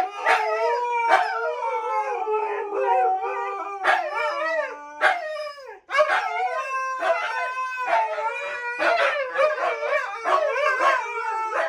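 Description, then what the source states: Siberian Husky: two huskies howling together in bending, overlapping tones with many abrupt yips, a brief pause near six seconds, then howling resumes. Two huskies howling together in a duet inside an apartment; the neighbours are said to be shocked.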